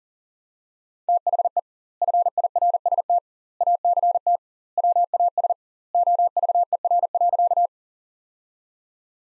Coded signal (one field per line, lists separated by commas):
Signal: Morse code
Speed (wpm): 40 wpm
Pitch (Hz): 700 Hz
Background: none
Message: THE FIRST ACT WAS OVER.